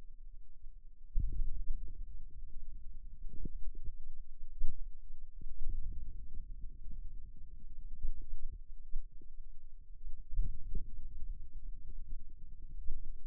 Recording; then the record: forearm muscle sounds (acoustic myography)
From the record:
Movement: wrist extension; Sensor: system 2, bracelet of six BSWA MPA416 microphones around the upper forearm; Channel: 5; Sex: male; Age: 22 years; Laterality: right